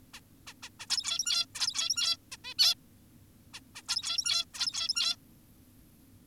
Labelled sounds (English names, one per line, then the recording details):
Zebra Finch
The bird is an adult
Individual g17y2U